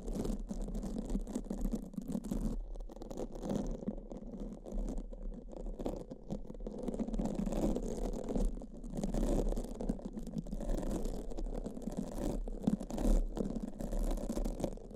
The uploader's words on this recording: ASMR S E N S I T I V E Brain Scratch (No Talking).